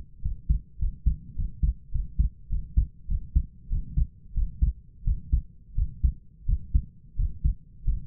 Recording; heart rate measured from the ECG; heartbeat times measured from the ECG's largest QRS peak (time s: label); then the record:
heart sounds by stethoscope; 94 bpm
0.22 s: heartbeat
0.78 s: heartbeat
1.35 s: heartbeat
1.91 s: heartbeat
2.49 s: heartbeat
3.08 s: heartbeat
3.69 s: heartbeat
4.34 s: heartbeat
5.04 s: heartbeat
5.75 s: heartbeat
6.46 s: heartbeat
7.16 s: heartbeat
7.85 s: heartbeat
From the record:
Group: healthy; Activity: rest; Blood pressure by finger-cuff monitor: 117/76 mmHg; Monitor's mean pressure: 86 mmHg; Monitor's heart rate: 103 bpm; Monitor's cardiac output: 6.5 L/min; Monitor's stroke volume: 63 mL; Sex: male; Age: 22 years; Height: 181 cm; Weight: 60 kg